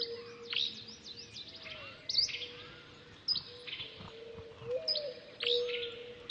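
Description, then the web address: Bird chirps and quick high twitters in overlapping bursts, with a steady low whistled tone running underneath and briefly rising in pitch. "funny birds"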